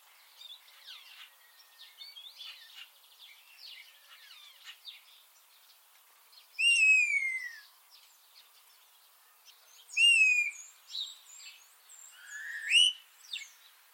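Eurasian starling calls: soft chattering notes, then three loud slurred whistles that sweep downward or upward, spaced a few seconds apart.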